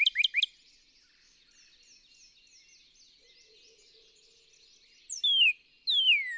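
Northern cardinal song: a burst of quick steep whistled notes, a pause, then two long down-slurred whistles, with a faint twittering bird chorus behind.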